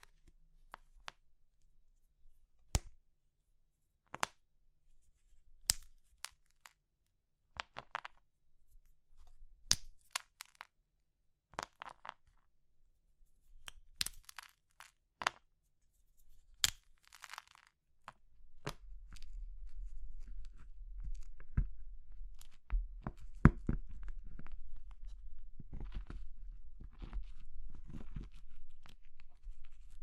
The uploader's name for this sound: Crushing Triggers Soap, Chalk, Meringue, Pastel